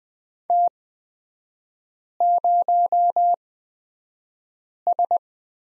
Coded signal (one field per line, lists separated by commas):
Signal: Morse code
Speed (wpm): 20 wpm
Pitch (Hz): 700 Hz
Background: none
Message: T0S